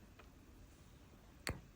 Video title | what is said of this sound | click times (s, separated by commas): 🐶코바늘 통통 미니 애니멀_2(강아지, 고양이)😽 Crochet mini animals_2(Dog, Cat) Simple and CuteTutorial | inside this tooth, until it makes a clicking sound. | 1.5 s